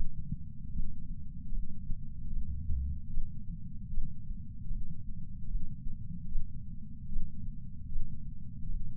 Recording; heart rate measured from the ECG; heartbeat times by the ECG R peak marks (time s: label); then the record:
heart sounds by patch sensor on the chest; 75 bpm
0.73 s: heartbeat
1.52 s: heartbeat
2.30 s: heartbeat
3.11 s: heartbeat
3.91 s: heartbeat
4.70 s: heartbeat
5.48 s: heartbeat
6.29 s: heartbeat
7.10 s: heartbeat
7.89 s: heartbeat
8.69 s: heartbeat
From the record:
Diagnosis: coronary artery disease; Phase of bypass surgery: postoperative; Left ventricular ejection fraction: 60%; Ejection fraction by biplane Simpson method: 54%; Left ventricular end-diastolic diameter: 47 mm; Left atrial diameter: 39 mm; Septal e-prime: 8.6 cm/s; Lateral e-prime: 7.5 cm/s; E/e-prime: 10.3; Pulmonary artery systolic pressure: 24 mmHg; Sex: male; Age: 75 years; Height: 168 cm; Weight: 74 kg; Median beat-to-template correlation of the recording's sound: 0.84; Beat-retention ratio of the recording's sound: 0.99